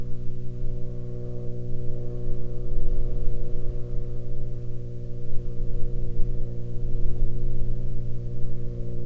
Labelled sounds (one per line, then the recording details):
aircraft
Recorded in the Arctic National Wildlife Refuge, Alaska, on 27 July 2021 at 22:32
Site 42